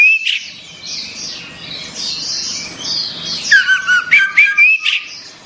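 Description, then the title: Orange-headed thrush song, soft high warbling followed by a bright run of looping whistled notes near the end. "Anis Merah"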